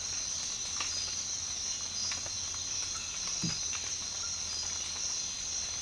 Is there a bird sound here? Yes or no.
no